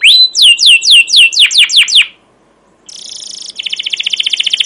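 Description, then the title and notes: Canary song: a run of loud downward-slurred chirps, a brief pause, then a high buzzy rattle leading into a fast, even trill. Captive canary giving long, continuous chirping song, used as a training lure for young canaries learning to sing. "CUIT CUIT NGEROL LANGSUNG GACOR PANJANG Kenari Ini AMPUH Utk Pancingan KENAR. PANCINGAN Kenari GACOR PANJANG Cuit CUIT EMOSI ini AMPUH utk MASTERAN Kenari PAUD belajar BUNYI. burung kenari"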